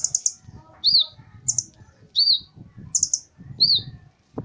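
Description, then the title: Small bird alternating a quick triple of very high notes with a single slurred, arched chirp, repeated about three times over low rumbling noise. "Burung Kecil"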